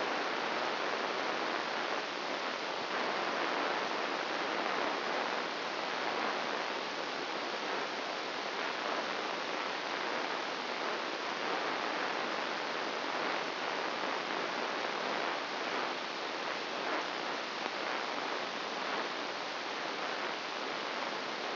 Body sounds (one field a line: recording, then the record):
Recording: brain microelectrode recording played as sound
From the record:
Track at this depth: inside the subthalamic nucleus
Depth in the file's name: 4.502 mm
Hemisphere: left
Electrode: 1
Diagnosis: Parkinson's disease